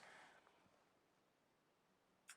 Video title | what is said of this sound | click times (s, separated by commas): November Earrings MB | And you can kind of hear the snap when it snaps in place. | 2.3 s